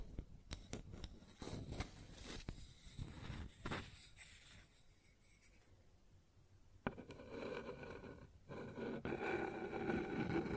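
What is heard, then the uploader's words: Sounds on a wooden surface: irregular knocks and scrapes in bursts, a quieter stretch mid-way, then a sharp hit near seven seconds and denser rubbing. ASMR Sounds on Wooden Surface (No Talking).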